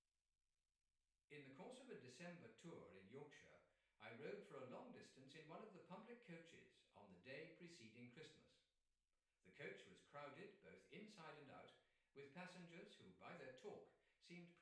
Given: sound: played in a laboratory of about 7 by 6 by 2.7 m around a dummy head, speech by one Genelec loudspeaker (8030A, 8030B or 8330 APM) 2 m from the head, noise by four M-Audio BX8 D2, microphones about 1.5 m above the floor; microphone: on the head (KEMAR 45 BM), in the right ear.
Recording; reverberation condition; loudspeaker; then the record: male speech in English; medium; 30 degrees to the left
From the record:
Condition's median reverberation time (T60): about 510 ms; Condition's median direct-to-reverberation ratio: about -0.5 dB